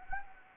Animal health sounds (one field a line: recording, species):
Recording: mosquito wingbeat signal from an infrared sensor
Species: Anopheles gambiae